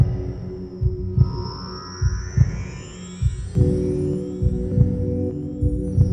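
Muffled, low, paired thumps repeat steadily at about 50 a minute under a humming background with faint rising bell-like tones. It is a heartbeat as heard from inside the womb, made as a soothing sound with magic bells.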